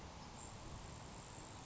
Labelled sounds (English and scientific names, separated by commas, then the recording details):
Grasshopper Sparrow (Ammodramus savannarum)
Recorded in Sonoma County, California